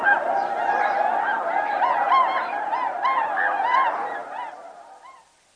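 Bewick's swans giving a busy chatter of short, crooning honks, several birds overlapping, the calling thinning out and fading away at the end.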